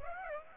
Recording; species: mosquito wingbeat signal from an infrared sensor; Aedes aegypti